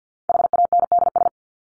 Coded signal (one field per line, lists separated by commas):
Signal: Morse code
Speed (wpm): 50 wpm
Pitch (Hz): 700 Hz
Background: none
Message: HANDS